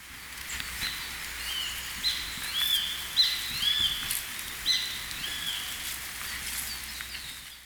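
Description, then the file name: Grey-faced buzzard calls: high, clear whistled notes repeated several times, over a faint steady low hum. "sasiba"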